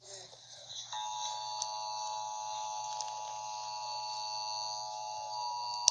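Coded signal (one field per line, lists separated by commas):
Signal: Emergency Alert System (SAME) tones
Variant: 853 and 960 Hz attention tone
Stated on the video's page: Fictional EAS scenario using valid EAS tones.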